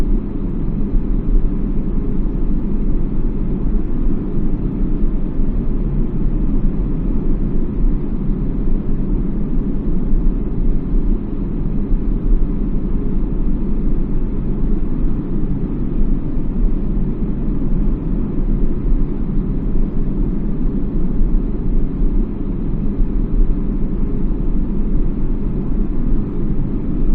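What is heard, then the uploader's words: Steady airplane cabin ambience: a dense, unchanging low rumble with a faint hiss above it, holding at the same level for the whole stretch. Nothing rises out of it, with no voices or distinct events, just the constant drone of the engines. Plane Ambience.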